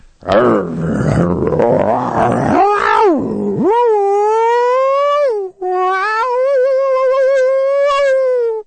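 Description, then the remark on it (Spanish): A person imitates wild animal howls, opening with rough, growling noises before breaking into two long, loud, wavering howls that rise and fall in pitch, with a short pause between them. “Grande, vamos al levante con los aullidos, ¿eh?”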